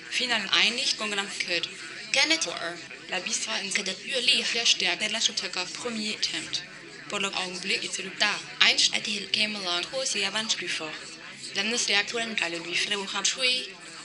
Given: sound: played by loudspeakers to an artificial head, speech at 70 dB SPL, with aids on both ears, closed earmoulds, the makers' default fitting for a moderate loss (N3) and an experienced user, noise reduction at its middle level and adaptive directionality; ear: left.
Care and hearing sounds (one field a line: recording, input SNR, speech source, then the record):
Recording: speech test signal (ISTS) in cocktail-party noise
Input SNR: +6 dB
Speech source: in front (0 degrees)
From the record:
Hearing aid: class 1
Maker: B